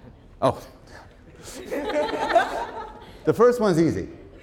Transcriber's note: laughter